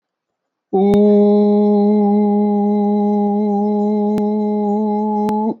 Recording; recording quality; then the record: sustained vowel as in boot; excellent, no background noise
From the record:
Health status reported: healthy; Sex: female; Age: 56 years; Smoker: no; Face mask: not worn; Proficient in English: no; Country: India